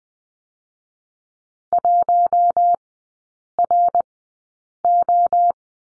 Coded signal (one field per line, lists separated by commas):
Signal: Morse code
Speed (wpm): 20 wpm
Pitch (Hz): 700 Hz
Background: none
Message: 1RO